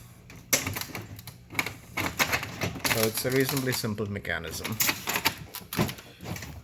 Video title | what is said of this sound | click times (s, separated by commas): Failure Analysis - AluLux Roll Shutter (Aluminum) fixing and review | and then this guy goes on top of it and locks into place | 0.5 s